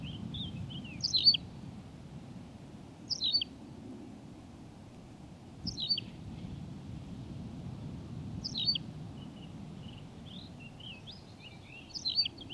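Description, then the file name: Tawny pipit song: short chirped phrases repeated every few seconds, with softer twittering notes between them over a low rumbling background. "Pipit rousseline Anthus campestris"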